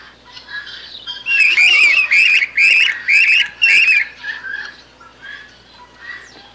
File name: canto da tesoura do brejo